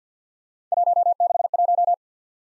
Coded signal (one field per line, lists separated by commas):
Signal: Morse code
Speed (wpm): 49 wpm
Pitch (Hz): 700 Hz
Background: none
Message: 161